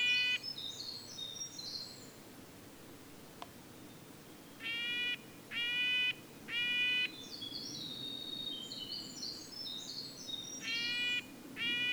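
Red-breasted nuthatch repeating nasal, trumpet-like notes roughly once a second, with high, thin twittering at the start and again later.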